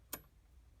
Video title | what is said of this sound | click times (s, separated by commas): Reloading Class - Pistol (Part 3) | now we'll go ahead and advance it with your left thumb you'll feel it snap into place | 0.1 s